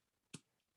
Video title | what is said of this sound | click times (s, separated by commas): Online Class: Bead weaving with Gemstones and Beadalon® - Michaels | you hear that little that little pop where it POPs right into space to place. | 0.3 s